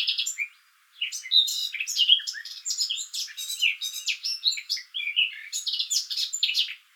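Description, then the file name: Eurasian blackcap singing a busy, scratchy warble of quick mixed notes, with a short break about a second in, then a steady flow of chatter. "Sylvia atricapilla"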